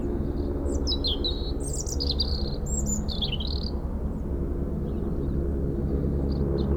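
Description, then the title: European robin delivering a run of sweet, high, tumbling notes and brief trills in the first half, with a heavy low helicopter thrum continuing underneath. Robin singing in a hedge near Lac du Bourget, France, during helicopter lifting work for cliff repairs, sound echoing off a mountain; Zoom H4n Pro set vertically on ground. "4 Chem. de la Pointe Forestier, Brison-Saint-Innocent, France - Duo rouge-gorge hélicoptère"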